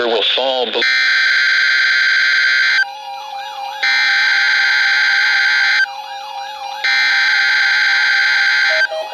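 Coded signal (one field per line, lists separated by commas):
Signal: Emergency Alert System (SAME) tones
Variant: header bursts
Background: speech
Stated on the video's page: Required Weekly Test on NOAA Weather Radio, Milwaukee.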